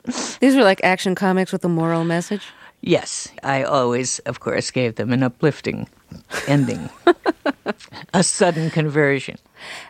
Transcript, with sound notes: These were, like, action comics with a moral message.
Yes. I always, of course, gave them an uplifting ending...
(Laughter).
...A sudden conversion.